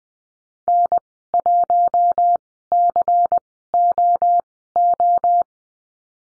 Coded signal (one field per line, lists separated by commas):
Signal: Morse code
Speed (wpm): 20 wpm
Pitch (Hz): 700 Hz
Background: none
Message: N1COO